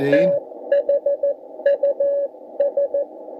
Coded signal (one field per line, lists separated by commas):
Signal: Morse code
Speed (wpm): 13 wpm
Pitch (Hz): 560 Hz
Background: speech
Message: THUS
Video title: 3.500 - 3.800 (80mtrs) SSB & CW